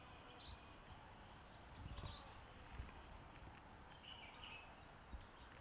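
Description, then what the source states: Cicada (Platypleura brunea): cicada song: a steady, very high, unbroken buzzing hiss that runs throughout, with a few faint chirps and soft low thumps underneath. Recorded at Queenstown, Eastern Cape, South Africa.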